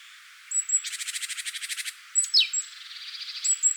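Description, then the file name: Great tit churring call: one long dry rattle of rapid pulses lasting over a second, then a quick falling note and thin high whistles. "Parus major"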